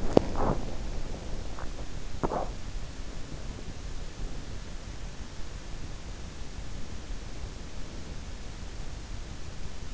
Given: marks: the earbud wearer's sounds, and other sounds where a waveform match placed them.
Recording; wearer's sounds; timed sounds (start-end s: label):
sounds in sleep by an in-ear microphone; teeth grinding, swallowing
0.00-1.92 s: teeth grinding
2.11-2.57 s: swallowing